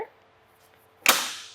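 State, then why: Seated. The wheel cradle on the hitch tray of a RockyMounts AfterParty Swing Away bike rack for 2 bikes, fitted to a 2017 Nissan Murano, is pushed until its ratchet engages one notch. This initial click gives a little slack so the lever can be opened and the cradle pushed fully out. After near silence and a faint tick around 0.7 s, a sharp, bright ratchet click lands at 1.1 s and rings down briefly as the cradle seats.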